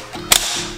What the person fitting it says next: just like that once you hear the snap you're good